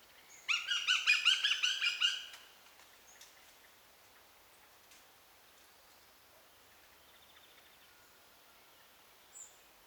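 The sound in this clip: Eurasian goshawk cackling, a quick burst of rough, evenly spaced kek notes lasting under two seconds, followed by near silence and a faint chirp.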